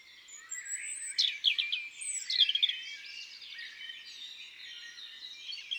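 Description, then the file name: European robin song, thin high whistles and twittering notes, fairly soft and continuous with a light background hiss. Recorded in woods and forests. "Rougegorge familier Chants doiseaux des bois et des forets"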